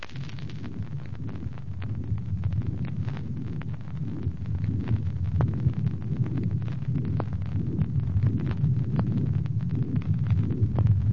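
Continuous low rumbling, machinery-like murmur running through systole and diastole, loud, blowing and hissing like a train passing through a tunnel, loudest at the 1st–2nd left intercostal space, typical of a patent ductus arteriosus (non-closure of the ductus arteriosus), heard by stethoscope.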